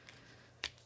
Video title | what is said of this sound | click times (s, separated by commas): Earthworks DK7 Gen 2: The Next Generation of Drum Microphones | and then you just just have to put some Force into it and it snaps right in place | 0.7 s